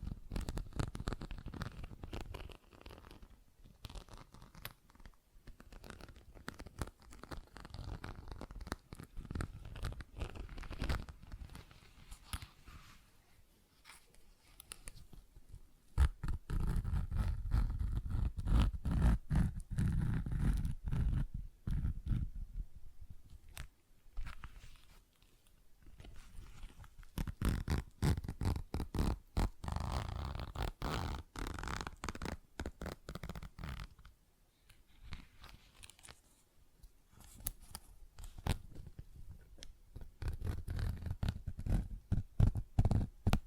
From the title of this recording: ASMR Tapping, Scratching & Zipper Sounds